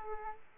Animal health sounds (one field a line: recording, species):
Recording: mosquito wingbeat signal from an infrared sensor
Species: Aedes aegypti